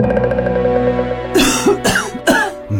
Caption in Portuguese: Nossa, que tosse, hein? Ele suspeita que eu tô com tuberculose.